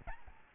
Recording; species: mosquito wingbeat signal from an infrared sensor; Aedes albopictus